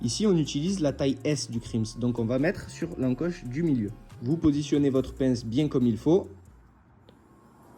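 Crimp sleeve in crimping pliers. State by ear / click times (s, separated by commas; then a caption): torque reached / 7.1 s. A small size S metal crimp sleeve on a fishing spinner rig is placed in the middle notch of a crimping plier and squeezed. Someone talks over music. At 7.1 s the pliers give a small click, showing the crimp is fully pressed and well tightened.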